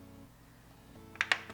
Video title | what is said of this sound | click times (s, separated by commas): Honda Grom Projector Retrofit - TheRetroFitSource Motorcycle Kit | stick it out there oh you hear the clicks squeeze | 1.2 s, 1.3 s